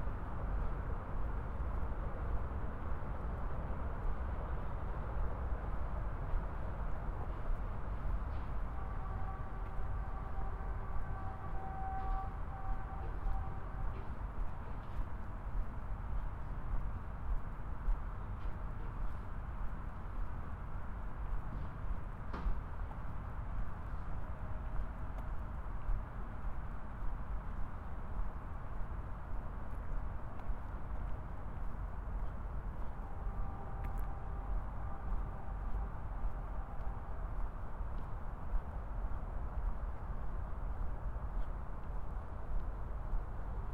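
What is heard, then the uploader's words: A binaural walk down 111th Street in Corona, carried by a steady, dense rumble of traffic throughout. Thin, high whining tones surface briefly around 9 to 12 seconds and again near 33 to 36 seconds, with one sharp click at about 22 seconds. After exiting the train at 111th Street, I walk through down 111th in Corona, then into the park near the Hall of Science where someone is playing with an electronic toy car. Binaural field recording.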